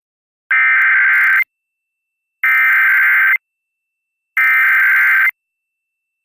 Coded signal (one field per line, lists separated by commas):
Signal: Emergency Alert System (SAME) tones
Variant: header bursts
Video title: PBS Kids Channel Program Break With EAS (2022 WMPB-DT3)